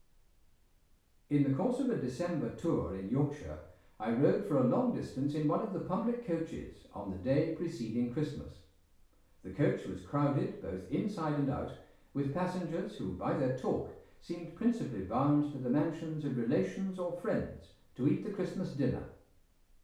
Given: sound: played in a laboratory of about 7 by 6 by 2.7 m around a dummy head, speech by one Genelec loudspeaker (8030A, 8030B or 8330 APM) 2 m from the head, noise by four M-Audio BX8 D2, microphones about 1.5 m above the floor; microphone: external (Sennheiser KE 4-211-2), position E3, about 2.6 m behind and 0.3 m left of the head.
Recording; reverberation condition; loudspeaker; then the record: male speech in English; medium; 150 degrees to the right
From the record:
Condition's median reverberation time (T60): about 510 ms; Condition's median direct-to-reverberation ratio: about -0.5 dB